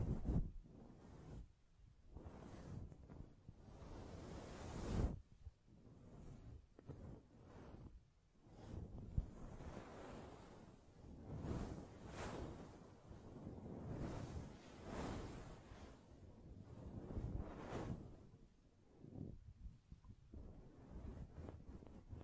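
Hands brush, scratch and tap over a microphone, making a rough, rumbling rustle that swells and fades every second or two. Sharper bursts stand out near 5 and 12 seconds, and a single short click lands around 9 seconds.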